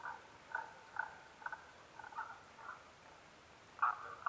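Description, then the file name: Tago's brown frog: short, evenly spaced clucking notes about every half second, then a pause and two louder notes near the end. Recorded 15 May 2011 at 02:19. "tagogaeru-20110515-0219"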